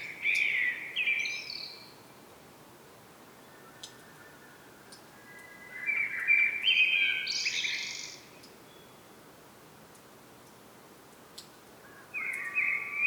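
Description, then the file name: Common blackbird song: two fluting warbled phrases, each ending in a high squeaky twitter, separated by several seconds of quiet, with a third phrase starting at the end. "Turdus merula"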